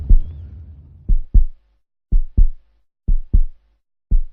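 A blindfolded woman's heartbeat, as she rides in a car, thumps steadily in low, muffled lub-dub pairs, four beats about a second apart, after a brief rumbling swell at the start. No voices are heard.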